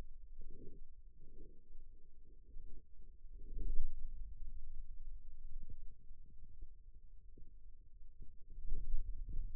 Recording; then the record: forearm muscle sounds (acoustic myography)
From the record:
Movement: radial deviation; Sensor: system 2, bracelet of six BSWA MPA416 microphones around the upper forearm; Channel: 5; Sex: male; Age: 22 years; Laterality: right